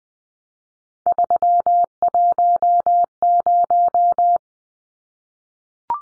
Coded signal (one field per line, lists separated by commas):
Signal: Morse code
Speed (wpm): 20 wpm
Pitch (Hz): 700 Hz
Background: none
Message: 310